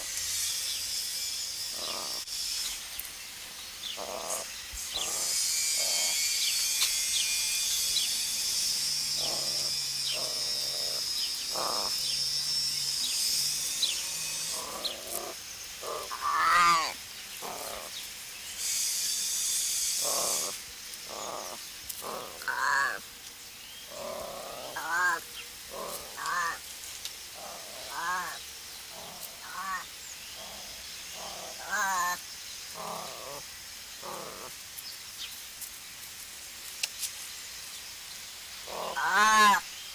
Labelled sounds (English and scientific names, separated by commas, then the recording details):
Wildcat (Felis silvestris) call
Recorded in captivity
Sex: pair
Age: adult
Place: Zoo Halle, Sachsen-Anhalt, DE
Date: 1999-03-30 12:35
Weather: fair, ca. 15°C
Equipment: Sony MD-WM MZ-R3, Sennheiser MKH 416 T, Kopie Uher 4000 Report Monitor
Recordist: Tembrock, Günter